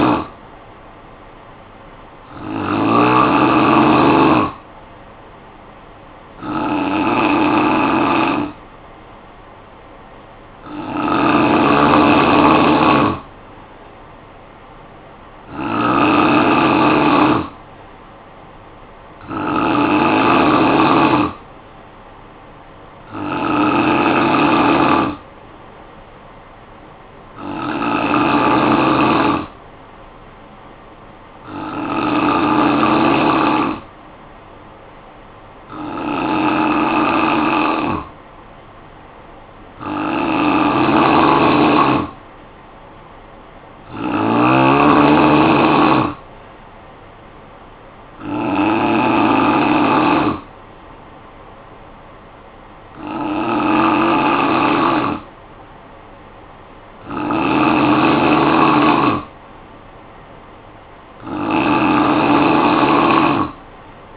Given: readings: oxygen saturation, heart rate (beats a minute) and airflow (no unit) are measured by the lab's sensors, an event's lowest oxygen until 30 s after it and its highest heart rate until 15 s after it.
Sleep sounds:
breathing in sleep by a voice recorder at the bedside; 1
15.00-38.90 s: hypopnea (N3, oxygen 93% highest, then 88% lowest, heart rate 59 at the start, 59 highest)
From the record:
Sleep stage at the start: N3 (deep sleep); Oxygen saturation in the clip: 88 to 93%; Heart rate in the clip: 53 to 61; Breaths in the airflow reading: 16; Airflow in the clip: -8.4 to 4.0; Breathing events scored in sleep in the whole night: 445 in 7.6 hours asleep

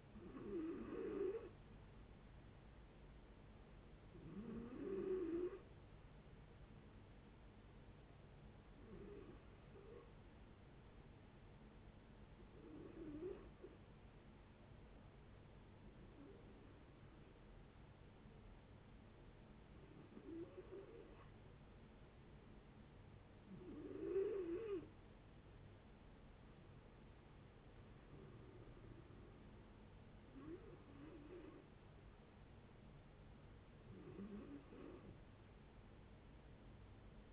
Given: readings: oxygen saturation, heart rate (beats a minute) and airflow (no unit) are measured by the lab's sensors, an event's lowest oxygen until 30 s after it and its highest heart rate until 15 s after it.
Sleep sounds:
breathing in sleep by a voice recorder at the bedside; 1
8.00-23.40 s: hypopnea (N1, oxygen 94% highest, then 88% lowest, heart rate 76 at the start, 76 highest)
36.00-37.33 s: new sleep stage, REM sleep
From the record:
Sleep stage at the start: N1 (lightest sleep); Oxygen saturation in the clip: 82 to 94%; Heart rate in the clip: 74 to 77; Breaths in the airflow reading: 10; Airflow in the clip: -11.7 to 10.4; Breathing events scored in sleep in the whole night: 496 in 5.4 hours asleep

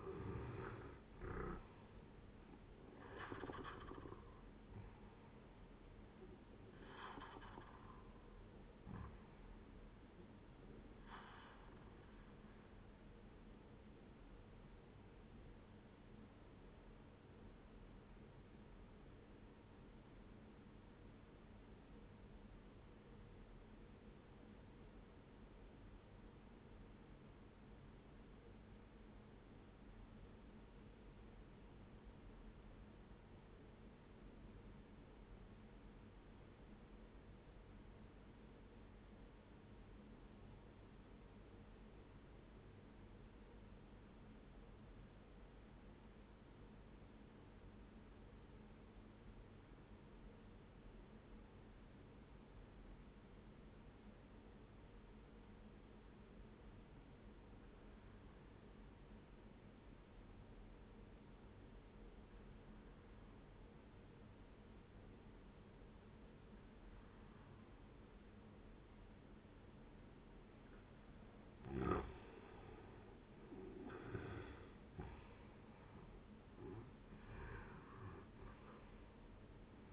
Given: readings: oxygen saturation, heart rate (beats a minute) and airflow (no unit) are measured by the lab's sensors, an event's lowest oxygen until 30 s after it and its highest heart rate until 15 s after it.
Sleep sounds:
breathing in sleep by a voice recorder at the bedside; 1
18.00-71.30 s: obstructive apnea (N1, oxygen 97% highest, then 88% lowest, heart rate 67 at the start, 81 highest)
23.00-79.93 s: new sleep stage, N2 (light sleep)
From the record:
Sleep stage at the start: N1 (lightest sleep); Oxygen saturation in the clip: 89 to 97%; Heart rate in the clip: 60 to 78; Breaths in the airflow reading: 6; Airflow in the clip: -10.7 to 15.2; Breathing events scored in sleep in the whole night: 131 in 7.2 hours asleep

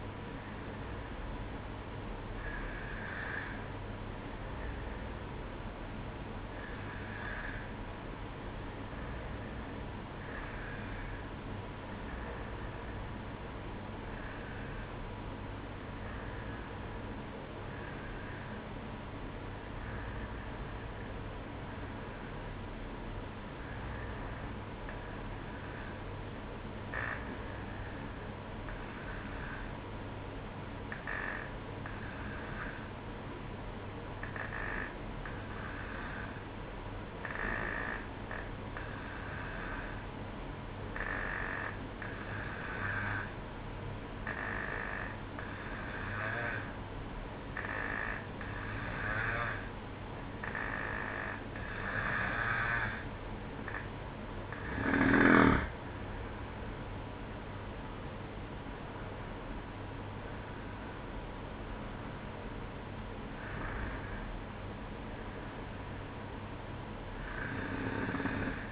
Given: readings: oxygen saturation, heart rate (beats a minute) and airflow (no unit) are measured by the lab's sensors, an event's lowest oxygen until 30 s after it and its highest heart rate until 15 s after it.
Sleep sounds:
breathing in sleep by a voice recorder at the bedside; 1
4.00-53.40 s: hypopnea (N1, oxygen 95% highest, then 91% lowest, heart rate 57 at the start, 65 highest)
20.00-50.00 s: new sleep stage, N2 (light sleep)
50.00-68.71 s: new sleep stage, N1 (lightest sleep)
From the record:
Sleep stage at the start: N1 (lightest sleep); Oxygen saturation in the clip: 91 to 95%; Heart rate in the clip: 57 to 65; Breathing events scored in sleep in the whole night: 305 in 9.6 hours asleep

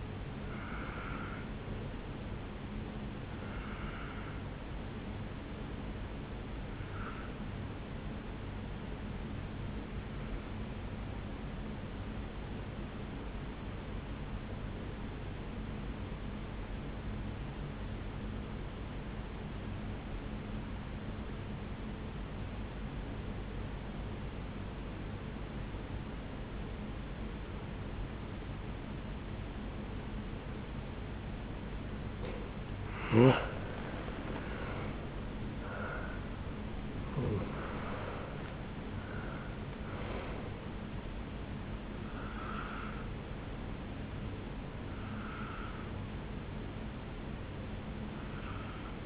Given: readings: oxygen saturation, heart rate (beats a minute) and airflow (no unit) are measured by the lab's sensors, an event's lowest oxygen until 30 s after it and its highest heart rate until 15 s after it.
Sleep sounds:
breathing in sleep by a voice recorder at the bedside; 1
18.00-33.40 s: obstructive apnea (N1, oxygen 97% highest, then 87% lowest, heart rate 64 at the start, 76 highest)
From the record:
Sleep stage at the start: N1 (lightest sleep); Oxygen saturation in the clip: 88 to 97%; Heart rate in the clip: 54 to 76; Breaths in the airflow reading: 5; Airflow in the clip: -10.1 to 9.0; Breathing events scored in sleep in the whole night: 449 in 7.0 hours asleep

